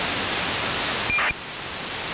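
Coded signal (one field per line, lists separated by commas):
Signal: ACARS aircraft data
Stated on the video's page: ACARS aircraft data messages received with an SDRplay RSP receiver and SDRuno.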